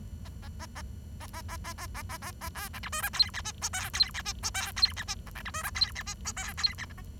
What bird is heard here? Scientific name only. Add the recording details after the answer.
Lonchura striata domestica. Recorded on 23 June 2012 at 08:14. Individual gr41rd51